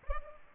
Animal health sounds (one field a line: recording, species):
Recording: mosquito wingbeat signal from an infrared sensor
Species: Culex pipiens